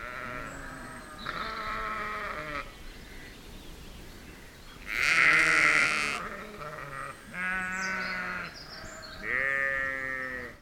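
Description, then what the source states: Sheep giving several drawn-out wavering bleats spread throughout, with short quiet gaps between. Out at feed.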